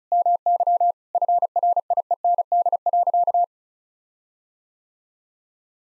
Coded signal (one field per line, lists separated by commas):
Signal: Morse code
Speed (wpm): 34 wpm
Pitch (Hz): 700 Hz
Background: none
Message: MY FRIEND.